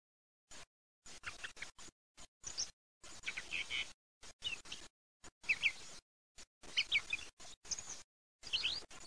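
Thrush calls: bright chirps and short whistled notes in quick bursts, broken by abrupt silent gaps throughout.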